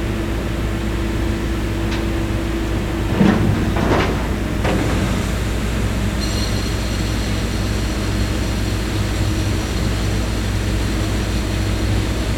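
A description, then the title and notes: Construction ambience plays as a steady low rumble with a constant machine hum underneath. A few short clanks and scrapes land between about three and five seconds, and a faint high whine enters around six seconds and holds to the end. Construction Ambience in the Distance.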